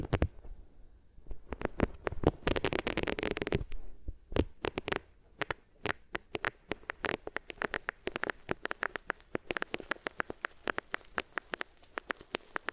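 Scratchy rubbing on different materials, made of dense bursts of crackly, rustling friction. A thick, continuous rub fills roughly the two-to-four-second stretch, then gives way to rapid, irregular taps and scrapes that carry on to the end, with a low rumble underneath.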